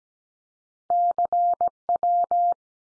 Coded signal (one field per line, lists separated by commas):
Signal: Morse code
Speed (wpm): 17 wpm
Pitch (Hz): 700 Hz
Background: none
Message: CW